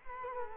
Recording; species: mosquito wingbeat signal from an infrared sensor; Culex quinquefasciatus